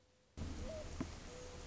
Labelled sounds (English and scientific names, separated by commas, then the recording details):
Mourning Dove (Zenaida macroura)
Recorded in Sonoma County, California